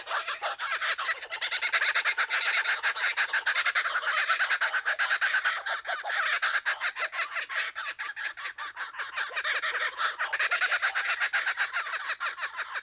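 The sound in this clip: Kookaburra laughter: a dense, continuous chorus of harsh, rapidly repeated cackling notes that swell and ebb throughout, with several birds apparently calling together.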